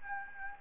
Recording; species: mosquito wingbeat signal from an infrared sensor; Anopheles gambiae